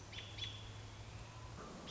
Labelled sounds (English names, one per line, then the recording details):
American Robin
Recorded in Sonoma County, California